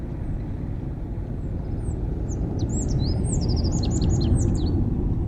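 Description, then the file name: Rock bunting giving thin, high-pitched tsip notes, scattered then quickening into a rapid series, over a strong low rumble of background noise. "bajszos-sármány-hangja"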